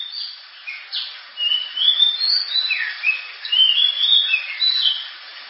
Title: Kacer Gacor Suara Tajam. Kacer Gacor Suara Super Kenceng Cocok untuk Pancingan